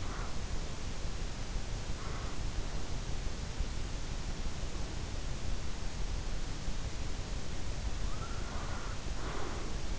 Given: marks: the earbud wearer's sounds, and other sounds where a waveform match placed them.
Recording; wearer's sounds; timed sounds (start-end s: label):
sounds in sleep by an in-ear microphone; breath
0.00-0.55 s: breath
1.85-2.47 s: breath
8.18-9.95 s: breath